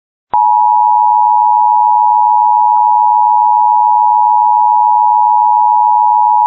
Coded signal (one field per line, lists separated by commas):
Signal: Emergency Alert System (SAME) tones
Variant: 853 and 960 Hz attention tone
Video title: EAS Compilation of Only Civil (Non-Weather) Alerts Vol. 1